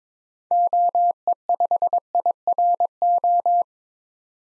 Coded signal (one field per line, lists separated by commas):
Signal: Morse code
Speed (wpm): 22 wpm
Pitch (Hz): 700 Hz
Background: none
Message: OE5IRO